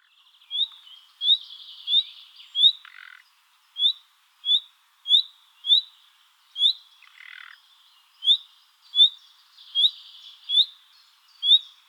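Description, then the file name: Common nightingale sounding a long series of short rising whistled notes, with two low rasps partway through. "Luscinia megarhynchos"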